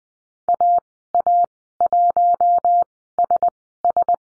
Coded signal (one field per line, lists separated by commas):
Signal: Morse code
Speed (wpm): 20 wpm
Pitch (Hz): 700 Hz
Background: none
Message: AA1SS